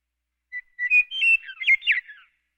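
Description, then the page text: Western meadowlark song, a single phrase opening with a short whistle, then a rich burst of flute-like, warbling notes that descends at the end. "Western Meadowlark. Quick Sounds"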